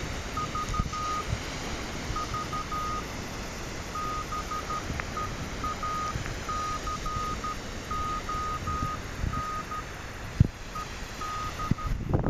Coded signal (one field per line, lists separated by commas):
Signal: Morse code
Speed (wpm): 13 wpm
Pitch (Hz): 1240 Hz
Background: none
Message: V V BEACON ED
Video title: ED8ZAA VHF beacon received at Maspalomas Dunas (Gran Canaria Island)